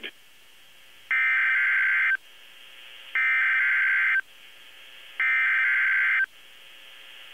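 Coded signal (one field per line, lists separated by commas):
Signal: Emergency Alert System (SAME) tones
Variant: header bursts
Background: speech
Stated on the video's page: Hurricane Force Wind Warnings encoded as Hurricane Warnings on NOAA Weather Radio station KEC73 from the Taunton, MA weather office.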